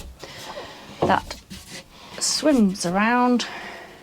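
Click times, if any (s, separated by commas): none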